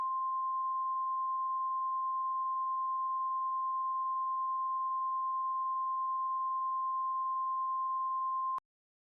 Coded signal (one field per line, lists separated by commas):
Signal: Emergency Alert System (SAME) tones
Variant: 1050 Hz attention tone